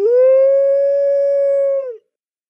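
A wolf lets out one long, steady howl, holding a clear mid-pitched tone for about two seconds before it dips slightly and breaks off into silence.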